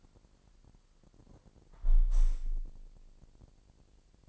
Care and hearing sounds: daily activity, microphone in the room; close window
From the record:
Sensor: 5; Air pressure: 1000.1 hPa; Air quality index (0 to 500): 248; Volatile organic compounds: 35 ppm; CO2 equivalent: 3053 ppm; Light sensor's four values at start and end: 34/80/32/30 and 34/80/32/30

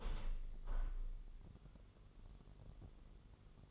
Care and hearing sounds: daily activity, microphone in the room; open window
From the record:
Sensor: 4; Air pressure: 999.4 hPa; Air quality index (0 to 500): 138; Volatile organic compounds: 3 ppm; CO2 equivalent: 1362 ppm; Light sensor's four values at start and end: 22/54/22/25 and 22/54/22/25

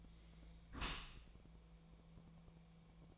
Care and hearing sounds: daily activity, microphone in the room; close dishwasher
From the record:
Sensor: 1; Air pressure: 1000.5 hPa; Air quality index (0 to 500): 182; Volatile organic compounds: 4 ppm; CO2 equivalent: 1672 ppm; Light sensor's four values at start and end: 10/25/10/12 and 10/25/10/12

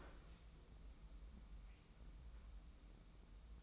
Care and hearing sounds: daily activity, microphone in the room; open fridge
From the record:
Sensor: 1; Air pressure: 994.4 hPa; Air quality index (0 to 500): 221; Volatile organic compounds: 1000 ppm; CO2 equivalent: 7960 ppm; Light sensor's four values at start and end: 124/282/126/137 and 131/299/133/146

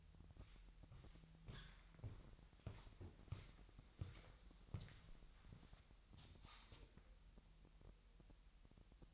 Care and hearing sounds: daily activity, microphone in the room; walk to room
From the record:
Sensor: 3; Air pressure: 1002.0 hPa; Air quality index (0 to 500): 247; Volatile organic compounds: 49 ppm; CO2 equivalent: 3279 ppm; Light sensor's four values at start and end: 10/23/9/10 and 8/19/8/8

